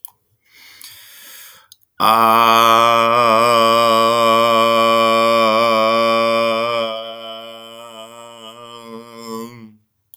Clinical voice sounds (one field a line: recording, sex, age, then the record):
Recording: vowel held as long as possible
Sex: male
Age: 30 to 39 years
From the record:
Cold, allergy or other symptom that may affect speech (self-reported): no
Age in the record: 32 years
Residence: Oregon, United States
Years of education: 16